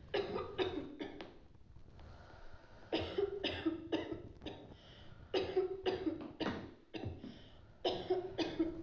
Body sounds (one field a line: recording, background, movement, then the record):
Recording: deep breathing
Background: a bystander coughing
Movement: sitting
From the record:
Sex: female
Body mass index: 18.3 kg/m2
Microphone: on the chest, facing outward